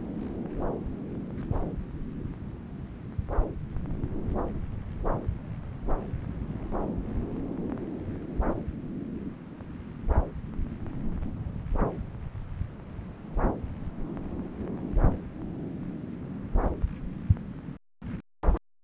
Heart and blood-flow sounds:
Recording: Doppler ultrasound of blood flow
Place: left subclavian vein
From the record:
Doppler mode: continuous wave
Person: adult scuba diver, at rest before a dive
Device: O'Dive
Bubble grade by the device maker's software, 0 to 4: 0

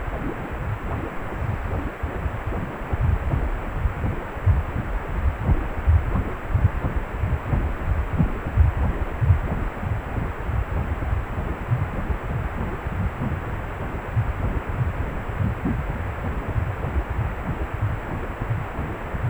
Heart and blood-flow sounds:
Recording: Doppler ultrasound of blood flow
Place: precordium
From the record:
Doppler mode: pulsed wave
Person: healthy adult, 18 to 50 years, no heart murmur, not diving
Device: 2.5 MHz transducer

